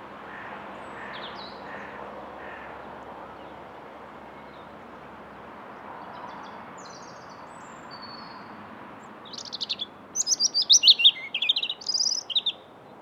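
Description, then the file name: European robin song: after a long quiet stretch, a burst of high, thin warbled phrases with quick trills and sharp twittering notes near the end. "Erithacus rubecula"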